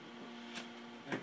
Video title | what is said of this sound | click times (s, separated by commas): Rob Giseburt's Makerbot "WinterMute" Mods | locks into place it's got some slots for screws on the side | 1.1 s